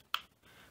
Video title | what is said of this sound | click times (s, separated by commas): Controller Grip + Charger for Sony PS Vita 2000 | there you go and then when you hear the click when it's going in just push it down | 0.1 s